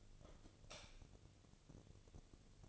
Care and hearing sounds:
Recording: daily activity, microphone in the room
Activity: light off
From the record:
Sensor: 4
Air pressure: 1000.9 hPa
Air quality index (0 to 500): 125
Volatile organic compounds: 1 ppm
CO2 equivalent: 936 ppm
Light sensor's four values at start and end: 35/87/36/39 and 33/79/33/35

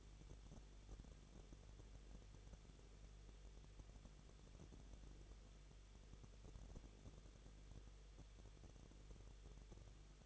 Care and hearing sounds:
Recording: daily activity, microphone in the room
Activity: no activity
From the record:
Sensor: 4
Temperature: 23.0 degrees Celsius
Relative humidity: 34.3%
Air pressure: 1007.3 hPa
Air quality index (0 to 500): 217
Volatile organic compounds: 15 ppm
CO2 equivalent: 2515 ppm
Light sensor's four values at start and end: 2/3/1/1 and 2/3/1/1

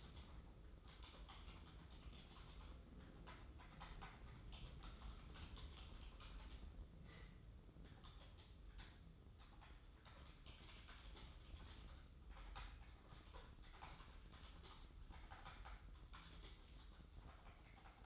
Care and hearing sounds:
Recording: daily activity, microphone in the room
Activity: typing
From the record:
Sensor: 3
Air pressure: 995.3 hPa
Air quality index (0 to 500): 78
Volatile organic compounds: 6 ppm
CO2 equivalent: 1845 ppm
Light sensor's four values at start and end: 18/55/22/20 and 18/56/23/20

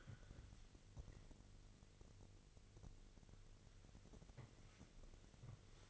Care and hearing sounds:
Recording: daily activity, microphone in the room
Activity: wipe stove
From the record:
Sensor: 4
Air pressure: 1002.4 hPa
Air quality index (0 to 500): 217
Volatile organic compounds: 12 ppm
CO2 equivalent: 2339 ppm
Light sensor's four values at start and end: 19/67/24/24 and 19/67/24/24

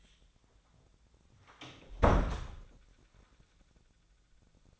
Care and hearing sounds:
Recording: daily activity, microphone in the room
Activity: close door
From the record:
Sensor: 3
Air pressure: 1009.2 hPa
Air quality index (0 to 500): 199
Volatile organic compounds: 4 ppm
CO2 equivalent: 1603 ppm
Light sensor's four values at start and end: 45/119/51/52 and 45/119/51/52

